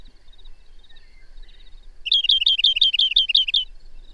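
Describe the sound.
Bird song: a quick series of about nine bright, slurred chirping notes delivered in a steady rhythm over roughly a second and a half, after a quiet stretch with faint twitters.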